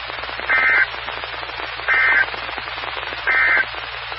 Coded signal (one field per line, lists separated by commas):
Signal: Emergency Alert System (SAME) tones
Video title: 2015-04-20 - W4BFB 145.230 MHz Charlotte Regional Skywarn Repeater